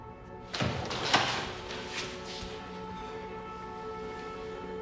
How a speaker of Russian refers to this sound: Открывает дверь, а там Нео. Он ее впускает и закрывает дверь, осматриваясь.